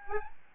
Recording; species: mosquito wingbeat signal from an infrared sensor; Aedes albopictus